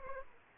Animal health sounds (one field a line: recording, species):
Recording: mosquito wingbeat signal from an infrared sensor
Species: Aedes aegypti